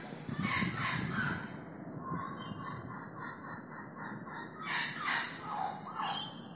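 Bird calls: harsh calls at the start, a quick run of evenly spaced short notes in the middle, then another noisy burst, over low rumble.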